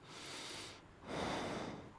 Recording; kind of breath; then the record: one breath in and out by a microphone near the nose and mouth; normal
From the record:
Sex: male